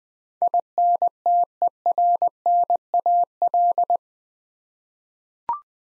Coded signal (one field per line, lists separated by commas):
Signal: Morse code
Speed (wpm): 20 wpm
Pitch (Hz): 700 Hz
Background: none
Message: INTERNAL